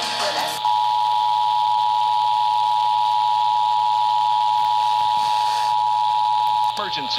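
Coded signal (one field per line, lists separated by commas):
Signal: Emergency Alert System (SAME) tones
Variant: 853 and 960 Hz attention tone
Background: speech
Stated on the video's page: Real Required Monthly Test for DC and North Anna quarterly test, received on many DC-area and Virginia radio and TV stations, relayed broadcast alerts.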